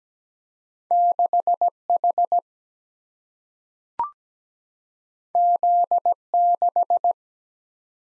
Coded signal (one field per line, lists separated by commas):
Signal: Morse code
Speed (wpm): 17 wpm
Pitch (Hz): 700 Hz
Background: none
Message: 6 H Z 6